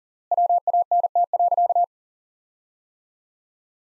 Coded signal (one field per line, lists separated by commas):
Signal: Morse code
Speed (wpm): 37 wpm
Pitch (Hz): 700 Hz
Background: none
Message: WANT.